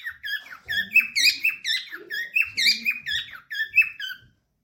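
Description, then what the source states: Parrot chirping calls, a rapid run of short squeaky notes with bright harmonics, some rising and some falling, in a steady chattering stream for about four seconds. Lutino colour form.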